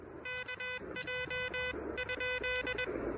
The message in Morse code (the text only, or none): KJ ?